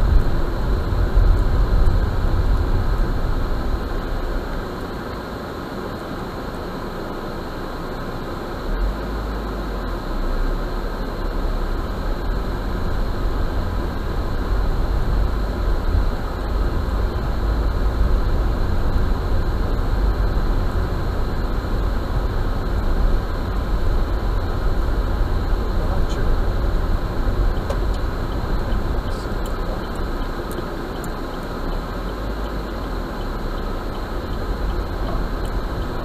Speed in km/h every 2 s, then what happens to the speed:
17, 8, 0, 0, 0, 0, 7, 11, 10, 12, 10, 11, 13, 10, 8, 4, 7, 8.
0-3 brakes to 0. 3-10 standing. 10-14 pulls away to 11. 14-25 steady at about 11. 25-30 slows to 4. 30-36 steady at about 7.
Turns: none.